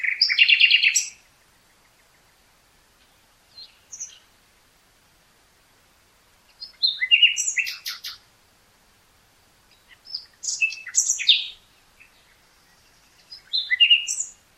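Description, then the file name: Common nightingale song with a rich opening trill and later bursts of mixed whistles and chattering notes, spaced by pauses of a few seconds. "Luscinia megarhynchos"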